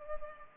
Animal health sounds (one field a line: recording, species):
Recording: mosquito wingbeat signal from an infrared sensor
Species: Culex pipiens